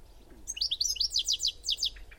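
Bird song: a rapid string of bright, high, sharply slurred chirps lasting about one and a half seconds.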